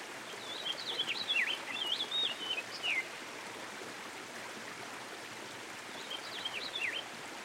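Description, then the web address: American goldfinch twittering song, high sweet slurred notes in two short phrases, partly masked by loud rushing stream noise. Recorded beside a stream. "Dan Gibson Songbirds By The Stream. American Goldfinch"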